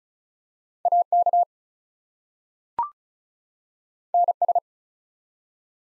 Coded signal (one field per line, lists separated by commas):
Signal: Morse code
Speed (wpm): 36 wpm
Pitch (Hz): 700 Hz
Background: none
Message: AK NS